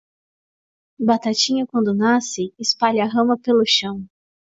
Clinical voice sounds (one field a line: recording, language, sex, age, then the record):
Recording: short text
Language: Brazilian Portuguese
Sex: female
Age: 20 to 29 years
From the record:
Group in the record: control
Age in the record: 27 years